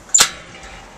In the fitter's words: locks into place